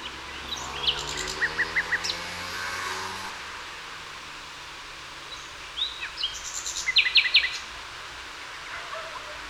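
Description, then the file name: Common nightingale song: a run of quick repeated notes over a low hum, a pause, then a louder series of sharp notes. "Luscinia megarhynchos"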